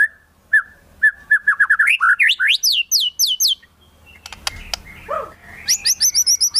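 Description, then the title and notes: White-rumped shama song: soft low whistles building into a series of rising, then falling whistled notes, a brief clattering noise, then repeated high chips. Long-duration song used as a lure for trapping. "Pikat Murai Batu Durasi Panjang. Burung Murai Batu"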